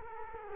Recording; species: mosquito wingbeat signal from an infrared sensor; Culex quinquefasciatus